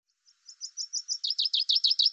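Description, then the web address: Common chaffinch song opening: a string of high clipped notes followed by louder buzzy V-shaped notes repeated quickly, the phrase cut off before it ends. "Deverinetal 2025 File cleaned normalized Bird Fr Co"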